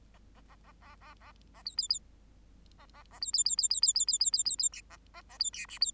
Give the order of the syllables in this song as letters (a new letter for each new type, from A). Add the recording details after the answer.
A A A A A A A A B B B A A A B B B B B B B B B B B B C A A A B D C B. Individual Bird8